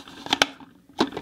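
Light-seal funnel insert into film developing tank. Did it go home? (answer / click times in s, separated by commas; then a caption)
yes / 0.4 s. A plastic light-seal top, the funnel insert of a Paterson film developing tank, is pushed into the tank body and snaps home with a sharp click at 0.4 s, just after a smaller tick at 0.3 s. A duller knock follows at 1.0 s, and the insert is seated.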